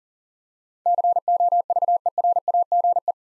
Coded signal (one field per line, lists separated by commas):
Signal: Morse code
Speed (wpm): 40 wpm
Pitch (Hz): 700 Hz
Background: none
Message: COVERAGE